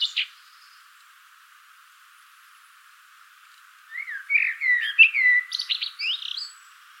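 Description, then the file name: Common blackbird song: a brief high note, a long silence, then a fluty warbled phrase ending in squeaky high twitters. "Turdus merula"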